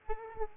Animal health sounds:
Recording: mosquito wingbeat signal from an infrared sensor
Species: Aedes aegypti

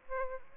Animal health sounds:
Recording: mosquito wingbeat signal from an infrared sensor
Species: Aedes albopictus

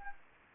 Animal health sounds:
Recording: mosquito wingbeat signal from an infrared sensor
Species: Anopheles gambiae

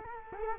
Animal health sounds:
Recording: mosquito wingbeat signal from an infrared sensor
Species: Culex quinquefasciatus

